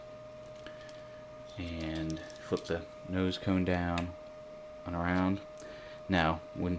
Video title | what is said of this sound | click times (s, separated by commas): Transformers Animated Voyager Blitzwing Review | It locks into place right up here | 0.7 s